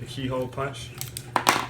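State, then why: Seated. Someone talks while a plastic surface-mount jack block (biscuit) for a T-1 extension is pressed onto a keyhole mounting punch. It snaps into place with a sharp click at 1.4 s, followed by another brief, louder click, and the block is seated on the mount.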